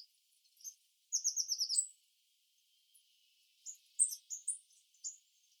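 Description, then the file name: Eurasian blue tit calls, a fast descending run of high notes, then a looser string of thin sliding notes. "Cyanistes caeruleus"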